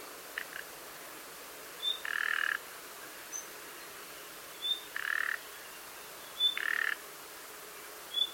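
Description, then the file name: Common nightingale calls: brief high whistles alternate with buzzy, croaking rasps, three of them loud and at irregular intervals, over soft background hiss. "Luscinia megarhynchos"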